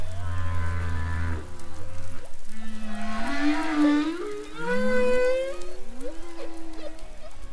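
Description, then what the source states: Humpback whale moaning underwater, a sequence of rising and falling harmonic moans and whoops. Recorded underwater off the Irish coast with a microphone held in the water from boats; humpbacks pass heading south from the north to give birth in the Caribbean.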